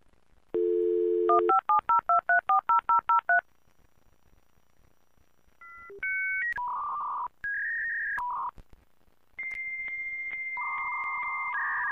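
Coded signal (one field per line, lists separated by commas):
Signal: dial-up modem handshake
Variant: V.90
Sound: dial tone, about ten quick dialing tone pairs, silence, then shifting steady modem tones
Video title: V.90 Dial-up Modem Handshake - Transactional Analysis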